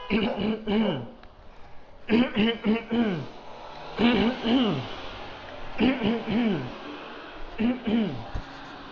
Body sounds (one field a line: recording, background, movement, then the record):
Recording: throat clearing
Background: traffic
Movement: walking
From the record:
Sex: male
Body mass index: 20.6 kg/m2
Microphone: on the chest, facing outward